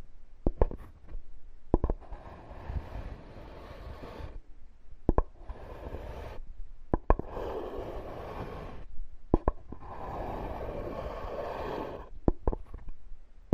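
Wood scrapes in long rough strokes of a few seconds each, separated by short pauses and punctuated by sharp knocks and clicks.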